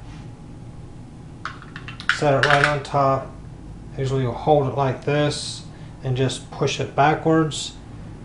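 Someone talks while handling a Ruger .22 pistol, setting the barrel and receiver assembly on top of the frame and holding it to push it backwards. Short sharp metallic handling clicks sound around 1.5 to 2.1 seconds. Nothing has snapped into place or seated yet.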